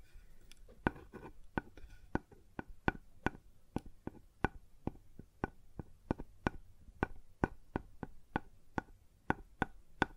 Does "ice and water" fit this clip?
no